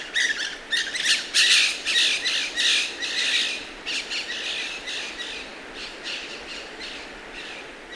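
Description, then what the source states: Bird calls, loud harsh squawks in rapid bursts at the start, then softer repeated squawks fading toward the end. Ecuador, South America.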